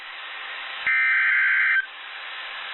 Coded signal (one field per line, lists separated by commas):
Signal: Emergency Alert System (SAME) tones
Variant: header bursts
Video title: GSP MOCKS TENNESSEE ONCE AGAIN… | 6/17/22 - Severe Thunderstorm Warning on WXL56 (EAS #544)